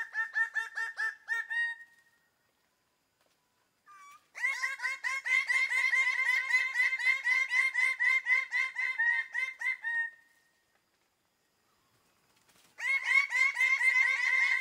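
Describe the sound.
Bird-of-paradise giving loud, nasal, harmonic calls in rapid series of about four notes a second, in three bouts separated by pauses.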